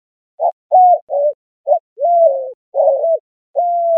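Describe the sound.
White-winged dove cooing, a series of low, hollow hoots with some longer drawn-out notes, given in an uneven rhythm and separated by short pauses.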